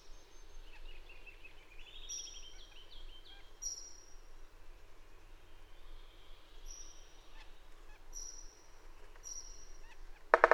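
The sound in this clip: Bird song: thin high whistles and a short stepped series of notes, with scattered faint calls over low background noise and a sharp knock at the end.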